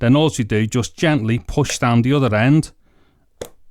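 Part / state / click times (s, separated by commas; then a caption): enclosure cover snapping onto an NVMe SSD enclosure / seated / 3.4 s. Someone talks as the cover or tray of an NVMe SSD enclosure for a Thunderbolt 4 DIY SSD is lined up on the inside at one end and the other end is gently pushed down. After a quiet pause, the lid snaps into place with a single sharp click at 3.4 s, seating it.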